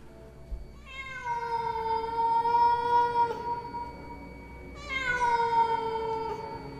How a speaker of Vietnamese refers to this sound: Ở bên ngoài phụ cận quanh thôn vang lên tiếng mèo kêu đến thê lương, nghe vào mà rợn hết cả người.